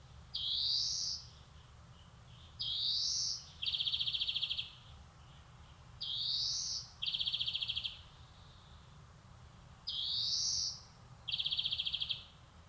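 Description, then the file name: European greenfinch song: rising buzzy wheezes, most followed by fast trilled rattles, phrases a few seconds apart over faint low hum. "Chloris chloris"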